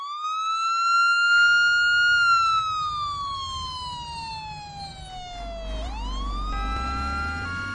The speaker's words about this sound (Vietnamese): Kìa, xe cấp cứu đến rồi kìa. Cả công an giao thông, rồi lại cả cơ động nữa. Mà hồi nãy mình chỉ gọi cấp cứu thôi cơ mà.